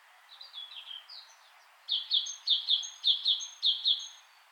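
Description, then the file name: Great tit calling: a few soft descending notes, then from about two seconds loud paired notes repeated in a run, with thin high tones above them. "Parus major"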